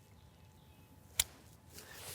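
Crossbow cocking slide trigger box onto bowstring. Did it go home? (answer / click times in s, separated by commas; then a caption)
yes / 1.2 s. The trigger box of the cocking slide on a TenPoint Turbo X crossbow is pushed down onto the bowstring over a quiet, steady background. A single sharp click sounds at 1.2 s, and the faint noise swells slightly toward the end. The click confirms the cocking slide has latched onto the string.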